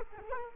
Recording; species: mosquito wingbeat signal from an infrared sensor; Culex quinquefasciatus